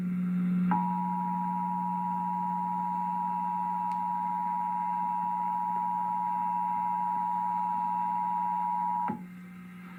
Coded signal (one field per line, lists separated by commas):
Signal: Emergency Alert System (SAME) tones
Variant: 853 and 960 Hz attention tone